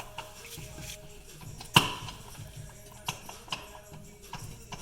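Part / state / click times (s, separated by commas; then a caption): CV axle shaft into transmission differential / not seated / none. A CV axle shaft on a 2011/2018 Honda Odyssey is pushed and tapped into the transmission differential, trying to seat its spring clip, with a sharp loud knock at about 1.8 s and lighter taps near 0.2, 3.1, 3.5, 4.3 and 4.7 s. Nothing has clicked or seated yet, so the axle is to be pulled back out to check that the spring clip has not moved.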